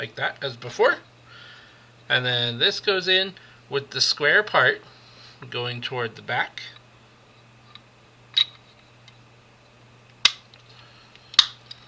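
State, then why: Seated. Someone talks while fitting a scale-model engine component onto a scale car model's engine block, with its square part facing toward the back, and pressing it home. After a few softer taps, sharp clicks at 10.2 s and 11.4 s mark the part clicking into place, seated. It is then to be secured with two screws.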